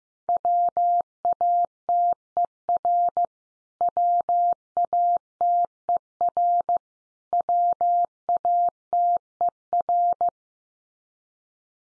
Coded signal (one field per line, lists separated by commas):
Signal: Morse code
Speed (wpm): 15 wpm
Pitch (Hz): 700 Hz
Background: none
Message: WATER WATER WATER